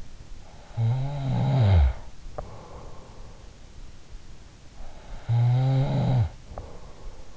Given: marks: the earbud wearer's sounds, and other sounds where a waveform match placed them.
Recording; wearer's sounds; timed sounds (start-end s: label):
sounds in sleep by an in-ear microphone; snoring breath
0.34-3.03 s: snoring breath
4.63-7.37 s: snoring breath